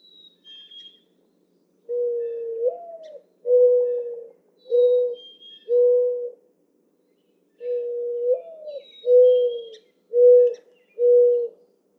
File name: Mourning Dove